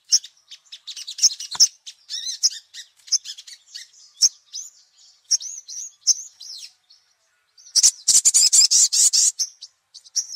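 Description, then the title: Little spiderhunter song: high, sharp chirps and trills, irregular and fast, then a loud, dense burst of rapid notes. 'Labaik' song variety; used for training songbirds. "Sogok Ontong Labaik"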